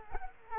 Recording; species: mosquito wingbeat signal from an infrared sensor; Culex quinquefasciatus